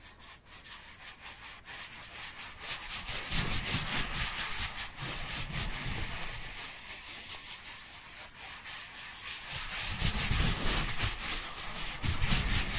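Dry hands rub together in a steady, scratchy hiss that fills the upper range, pulsing in quick back-and-forth strokes. The rubbing swells into heavier, rougher passes around four to six seconds and again near ten seconds, growing slightly louder toward the end.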